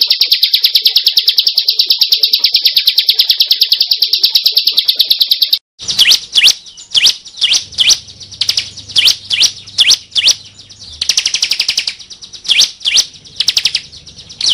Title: Masteran 2019 Cisem Ciblek Semi Dan Cikris Ciblek Kristal